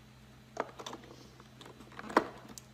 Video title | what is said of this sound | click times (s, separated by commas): Hoover Power Scrub Elite Pet Carpet Cleaner/Washer FH50251 - Review 2019 | could kind of feel it snap into place and that's it | 2.2 s